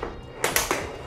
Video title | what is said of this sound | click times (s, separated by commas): etrailer - Checking Out the Titan Chain E Track Fitting with D-Ring | can get that just right in front of our tire here on our UTV that clicked in place | 0.4 s, 0.6 s